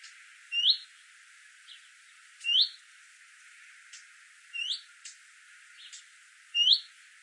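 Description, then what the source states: Leaf warbler calling in quick rising tweets, four notes spread over seven seconds, with light ticking sounds between. European leaf warbler, call.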